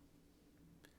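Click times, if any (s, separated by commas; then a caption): 0.8 s. A plastic battery tray holding a new coin cell, positive side down, is slid back into the remote key fob housing of a 2009–2017 Audi Q5. A short, sharp tick at 0.9 s marks the tray clicking in and seating, over a low, steady background hum.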